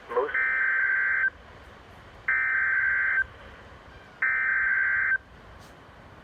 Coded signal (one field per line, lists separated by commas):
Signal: Emergency Alert System (SAME) tones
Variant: header bursts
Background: speech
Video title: RNK, AKQ AND LWX WELCOME ME TO VA! (4/26/22) (EAS #132-136)